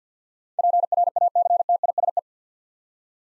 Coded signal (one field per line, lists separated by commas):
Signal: Morse code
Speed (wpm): 48 wpm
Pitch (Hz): 700 Hz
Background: none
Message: PRACTISE